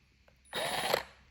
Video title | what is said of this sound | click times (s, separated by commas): Milwaukee vs. Vanon Battery Review - Tool of the Week | the Vanon battery fits in perfectly snug, snaps right into place, just like the Milwaukee one. | 0.9 s